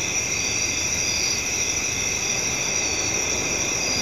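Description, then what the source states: Crickets chorusing in a steady, continuous high trill with several layered pitch bands, over a constant broad hiss. Crickets recorded at night.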